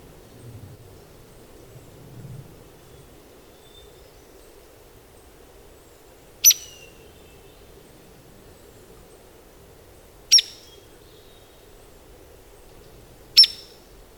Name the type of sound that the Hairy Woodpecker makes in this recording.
call